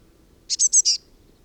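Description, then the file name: Eurasian blue tit giving a rapid run of four bright, high notes lasting about half a second, then silence apart from a low background rumble. "Cyanistes caeruleus"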